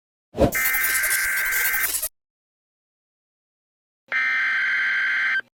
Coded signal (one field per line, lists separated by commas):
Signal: Emergency Alert System (SAME) tones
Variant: header bursts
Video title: TPOT has the similar sound from the USA EAS alarm